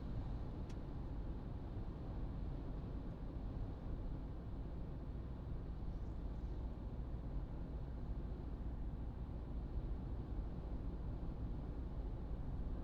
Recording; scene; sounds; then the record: everyday scene through a hearing-aid microphone; in a vehicle; engine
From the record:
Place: Berlingo II, diesel engine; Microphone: in the ear canal, right